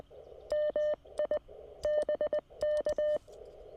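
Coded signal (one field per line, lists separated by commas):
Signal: Morse code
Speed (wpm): 20 wpm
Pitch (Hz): 590 Hz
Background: none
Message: MI BK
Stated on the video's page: Morse sent during a Parks on the Air state park activation.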